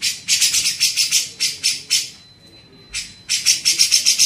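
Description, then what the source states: Grey-cheeked bulbul gives bursts of rasping notes, broken by a quiet pause with a faint steady whine. Masteran training recording used to tutor songbirds.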